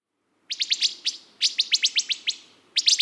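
Wood thrush giving sharp, clipped call notes in rapid bursts, several quick runs of dry clicks separated by brief pauses.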